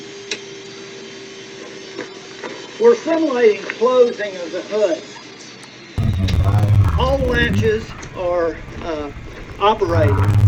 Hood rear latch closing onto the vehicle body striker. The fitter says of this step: down on the top black bar till it snaps over